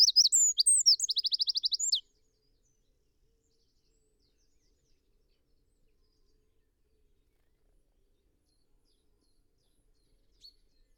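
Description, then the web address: Eurasian wren giving a brief, fast run of sharp high notes and a rolling trill in the first two seconds, followed by near silence. "SETE Troglodytes troglodytes"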